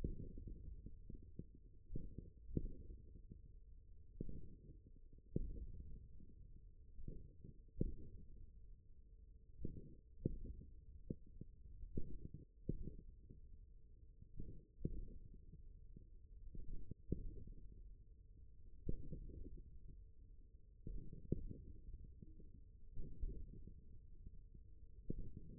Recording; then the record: forearm muscle sounds (acoustic myography)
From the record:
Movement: index flexion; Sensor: system 1, eight BSWA MPA416 microphones around the upper forearm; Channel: 7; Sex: male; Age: 41 years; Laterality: right